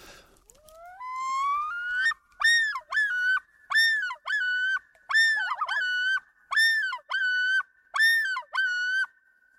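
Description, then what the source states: Common loon yodel: a rising wail that climbs steeply, then a series of loud, repeated two-part ululating phrases. Territorial yodel warning other loons from nesting territory; aggressive call, individually distinctive in males; remote lake, far northern Alaska, midsummer morning, overcast with low clouds and occasional drizzle.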